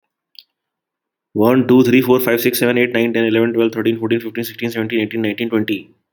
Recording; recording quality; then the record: counting at a fast pace; excellent, no background noise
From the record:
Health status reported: healthy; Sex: male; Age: 26 years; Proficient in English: yes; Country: India